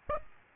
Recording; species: mosquito wingbeat signal from an infrared sensor; Aedes aegypti